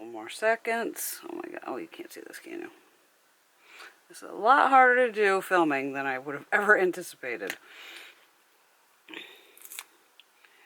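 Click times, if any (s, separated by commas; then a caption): 9.8 s. Someone talks while pressing from behind on a pressed makeup pan to free it from its plastic palette well, where it is held in with adhesive. After a few quiet, faint handling sounds, a sharp pop is heard at 9.8 seconds as the pan comes free of its housing.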